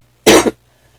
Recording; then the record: coughing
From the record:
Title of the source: 61 morning phlegmy cough...again